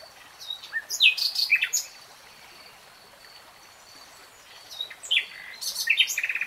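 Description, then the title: Nightingale: songbird singing in short varied phrases of chirps and slurred notes, separated by a quiet gap, against a soft steady background hiss. "[Tiếng chim hót] Nightingale Singing"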